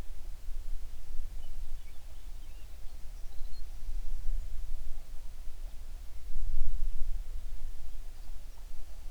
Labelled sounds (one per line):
songbird